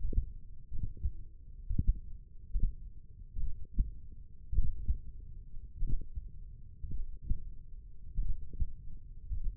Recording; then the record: forearm muscle sounds (acoustic myography)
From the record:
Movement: finger pinch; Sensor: system 1, eight BSWA MPA416 microphones around the upper forearm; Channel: 2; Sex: male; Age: 42 years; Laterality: right